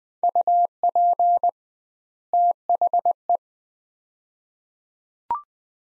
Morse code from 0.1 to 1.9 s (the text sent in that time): UP